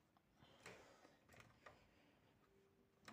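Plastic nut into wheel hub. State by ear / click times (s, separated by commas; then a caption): not seated / none. A small plastic nut is pushed into a wheel hub to clip it in, giving short plastic taps and knocks at about 0.7, 1.4, 1.7 and 3.1 seconds. The nut does not clip in, and nothing has clicked or seated yet.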